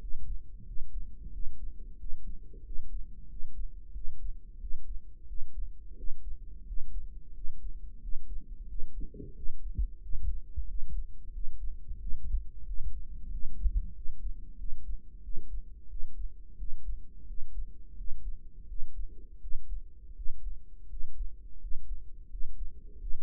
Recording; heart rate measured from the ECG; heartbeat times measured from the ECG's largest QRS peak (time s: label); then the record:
heart sounds by microphone in the right ear; 89 bpm
0.01 s: heartbeat
0.66 s: heartbeat
1.33 s: heartbeat
1.99 s: heartbeat
2.65 s: heartbeat
3.30 s: heartbeat
3.95 s: heartbeat
4.61 s: heartbeat
5.28 s: heartbeat
5.97 s: heartbeat
6.67 s: heartbeat
7.35 s: heartbeat
8.02 s: heartbeat
8.69 s: heartbeat
9.35 s: heartbeat
10.02 s: heartbeat
10.68 s: heartbeat
11.33 s: heartbeat
12.00 s: heartbeat
12.67 s: heartbeat
13.32 s: heartbeat
13.95 s: heartbeat
14.59 s: heartbeat
15.23 s: heartbeat
15.90 s: heartbeat
16.58 s: heartbeat
17.28 s: heartbeat
17.98 s: heartbeat
18.69 s: heartbeat
19.42 s: heartbeat
20.16 s: heartbeat
20.90 s: heartbeat
21.61 s: heartbeat
22.31 s: heartbeat
23.01 s: heartbeat
From the record:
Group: healthy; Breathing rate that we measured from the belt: 17 breaths a minute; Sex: male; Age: 21 years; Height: 175 cm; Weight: 72.6 kg